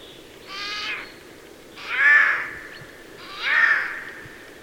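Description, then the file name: Eurasian jay calling three times in quick succession, each a harsh, grating screech roughly a second long, steady background hiss between calls. "Garrulus glandarius"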